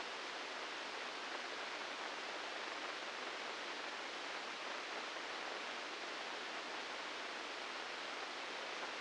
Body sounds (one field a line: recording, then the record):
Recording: brain microelectrode recording played as sound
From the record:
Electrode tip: inside the subthalamic nucleus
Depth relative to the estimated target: -2 mm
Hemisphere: right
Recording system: NeuroSet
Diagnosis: Parkinson's disease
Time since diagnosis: 9 years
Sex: female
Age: 51 years